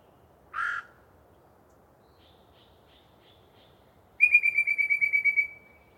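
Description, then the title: Yellow-breasted chat song: a harsh nasal squawk, a few faint soft notes, then a fast even series of clear piping notes lasting over a second. Pre-dawn, a particularly chatty bird giving a long soliloquy from deciduous cover. "A Very Chatty Yellow-breasted Chat"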